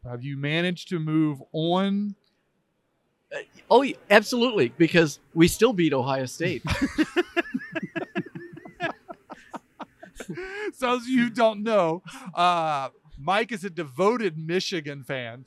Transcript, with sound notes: Have you managed to move on?
Oh, Absolutely, because we still beat Ohio State. [LAUGHTER]
So as you don't know, Mike is a devoted Michigan fan.